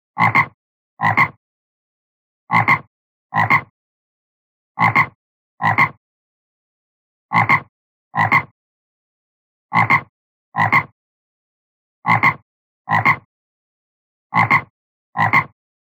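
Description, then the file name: Frog croaking in paired rough pulses, seven pairs repeated roughly every two and a half seconds with silence between them. "Animal Frog Croak"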